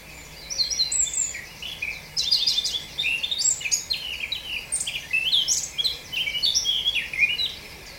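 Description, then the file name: Eurasian blackcap warbling song: a quieter opening, then a dense, hurried jumble of varied chirps and slurred notes from about two seconds until shortly before the end. "Sylvia atricapilla"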